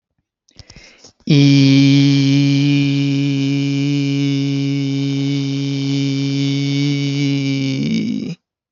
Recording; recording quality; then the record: sustained vowel as in beet; excellent, no background noise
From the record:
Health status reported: healthy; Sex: male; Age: 28 years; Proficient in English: yes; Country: India